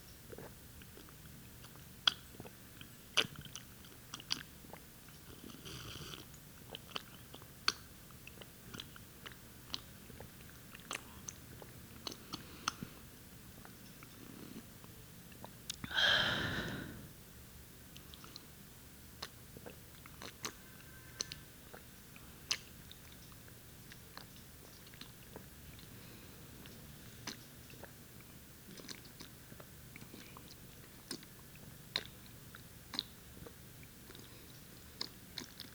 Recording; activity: daily activity, guitar pickup as the sensor; drink water